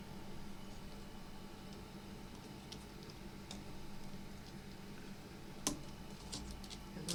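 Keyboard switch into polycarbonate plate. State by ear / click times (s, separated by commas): not seated / none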